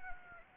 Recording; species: mosquito wingbeat signal from an infrared sensor; Anopheles gambiae